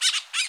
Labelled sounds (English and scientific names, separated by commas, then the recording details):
Brown-throated Parakeet (Eupsittula pertinax) contact call
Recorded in Bonaire
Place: just S of turnoff to Cai, near Lac Bay
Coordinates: 12.126, -68.239